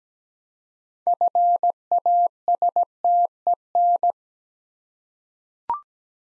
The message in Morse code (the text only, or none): FASTEN